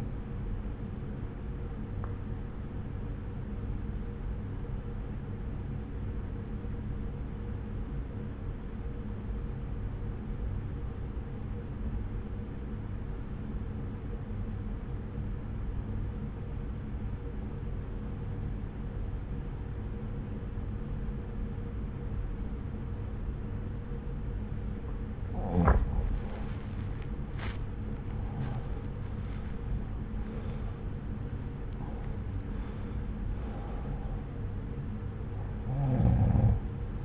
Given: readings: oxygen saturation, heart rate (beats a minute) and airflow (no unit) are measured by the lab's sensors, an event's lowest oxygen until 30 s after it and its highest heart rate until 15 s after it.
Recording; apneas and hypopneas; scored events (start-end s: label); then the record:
breathing in sleep by a smartphone at the bedside; 1
3.00-26.80 s: obstructive apnea (N1, oxygen 95% highest, then 90% lowest)
From the record:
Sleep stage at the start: N1 (lightest sleep); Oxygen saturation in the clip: 88 to 95%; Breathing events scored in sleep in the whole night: 303 in 8.1 hours asleep